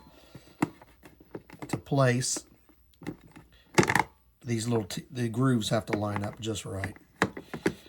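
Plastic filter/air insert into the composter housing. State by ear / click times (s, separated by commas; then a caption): seated / 7.2 s. A plastic filter/air insert piece is slid into the housing of an AMZCHEF countertop electric composter with its grooves lined up. Someone talks while small knocks and handling taps sound throughout. A sharp click at 7.2 s marks the insert seating into place.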